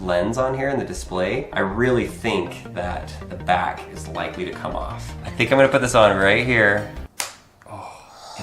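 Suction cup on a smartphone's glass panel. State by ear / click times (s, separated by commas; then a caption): seated / 7.2 s. A large suction cup is pressed onto the glass of a Samsung Galaxy S8 and its lever is flipped to lock it, giving a sharp snap at 7.2 s. Someone talks over music before the snap, and the cup locks firmly into place.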